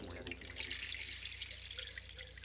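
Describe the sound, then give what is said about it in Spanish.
A rain stick tilted slowly, beads cascading inside with a soft, steady, trickling hiss of tiny patters, like light rain, holding even for a couple of seconds with no talking. “El palo de lluvia”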